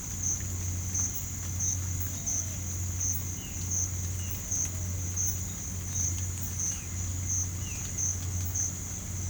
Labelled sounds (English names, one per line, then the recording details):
none
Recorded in pastures near Puerto Asís, Putumayo, Colombia, on 15 December 2024 at 06:30
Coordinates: 0.505, -76.324
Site G063